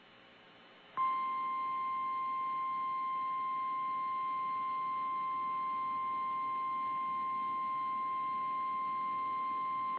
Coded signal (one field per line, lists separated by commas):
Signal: Emergency Alert System (SAME) tones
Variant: 1050 Hz attention tone